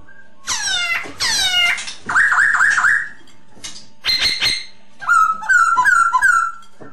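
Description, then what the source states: Masked laughingthrush: two harsh, scratchy bursts, then wavering whistled notes and short ringing calls, ending in a run of slurred whistles. Lure song (Indonesian 'suara pancingan') of the poksay hongkong.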